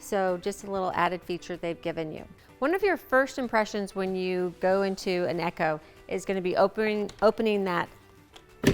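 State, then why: Seated. Someone talks, then the entry door of a 2022 Winnebago Ekko motorhome is swung open and locks into its hold-open latch with a sharp hit at 8.7 seconds. The door is sturdy and seats firmly in its held-open position.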